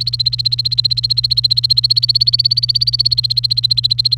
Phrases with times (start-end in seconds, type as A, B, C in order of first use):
0.00-4.15 A